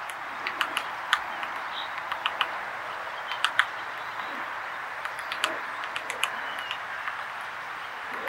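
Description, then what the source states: Red-bellied woodpecker pecking at wood, sharp irregular taps and knocks scattered through a steady background hiss. Autumn, eastern North America; woodpecker hears insects inside a large dead rotting branch and pecks, excavating a sizable hole while foraging, wood chips flying.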